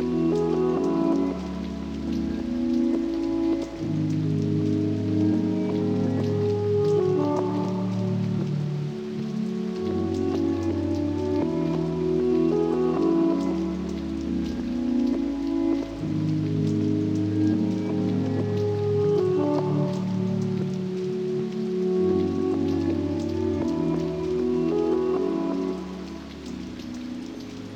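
Rain patters steadily throughout, a dense spray of small ticks across the top, layered over sustained, warm chords. A low bass line shifts to a new note every few seconds, and the level stays full and even for the whole half minute.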